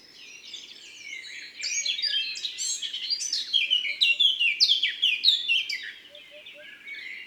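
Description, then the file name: Eurasian blackcap song: a fast, varied warble of scratchy notes that grows louder, with clear fluting phrases. "Fauvette a tete noire ABC des chants doiseaux"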